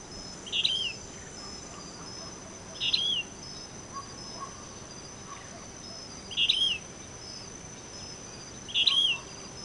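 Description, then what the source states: Yellow-bellied elaenia calling four times, each note a short rough burst slurring downward, spaced irregularly every two to four seconds over steady background noise. Recorded 26 May 2011.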